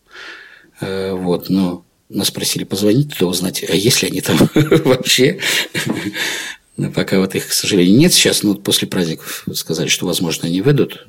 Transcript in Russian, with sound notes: Вот. Но нас просили позвонить туда, узнать, а есть ли они там вообще. (Смеется.) Пока вот их, к сожалению, нет сейчас. Но вот после праздников, сказали, возможно, они выйдут.